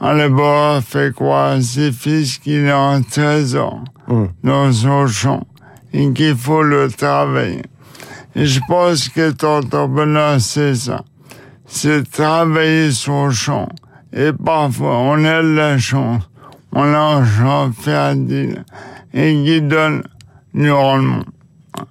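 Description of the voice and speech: Slow, effortful French speech from an adult man, with slurred, dropped consonants and drawn-out sounds: dysarthria from ALS (Charcot disease), which progressively paralyses him and affects his speech.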